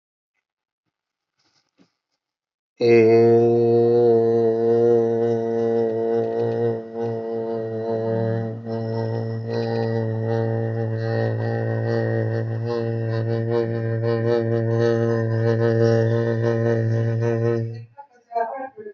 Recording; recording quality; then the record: sustained vowel as in made; moderate, slight background noise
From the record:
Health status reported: healthy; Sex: male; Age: 26 years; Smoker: yes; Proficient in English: yes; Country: India